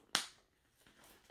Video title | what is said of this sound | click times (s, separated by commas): Saint laurent-YSL Becky wallet review (WOC)& sunglasses unboxing ♥ | And you just go like this. You snap it. | 0.1 s